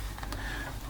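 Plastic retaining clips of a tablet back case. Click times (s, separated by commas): 0.2 s, 0.3 s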